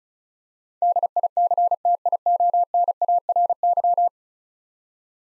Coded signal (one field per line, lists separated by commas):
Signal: Morse code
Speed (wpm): 36 wpm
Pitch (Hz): 700 Hz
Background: none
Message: DICTIONARY